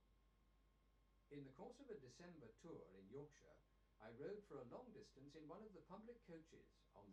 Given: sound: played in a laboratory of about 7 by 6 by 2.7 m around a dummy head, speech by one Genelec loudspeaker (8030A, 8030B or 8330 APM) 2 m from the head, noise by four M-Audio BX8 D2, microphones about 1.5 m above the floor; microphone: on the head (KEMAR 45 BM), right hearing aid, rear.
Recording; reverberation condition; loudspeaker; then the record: male speech in English; low; 60 degrees to the left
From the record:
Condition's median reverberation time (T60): about 310 ms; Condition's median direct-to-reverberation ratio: about 3.5 dB